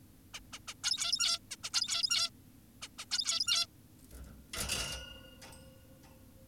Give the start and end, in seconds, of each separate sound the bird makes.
0.34-0.40, 0.53-0.59, 0.68-0.74, 0.84-1.39, 1.51-1.56, 1.64-1.70, 1.73-2.30, 2.82-2.88, 2.99-3.05, 3.11-3.66